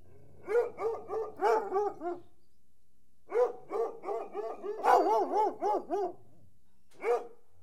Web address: The BBC Sound Effects Library - Complete 60 CDs Collection Sound Effects Library-38 (Horses # 2 and Dogs)